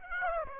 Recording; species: mosquito wingbeat signal from an infrared sensor; Aedes aegypti